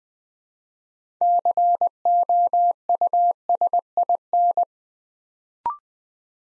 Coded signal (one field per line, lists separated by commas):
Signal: Morse code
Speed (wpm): 20 wpm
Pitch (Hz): 700 Hz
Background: none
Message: COUSIN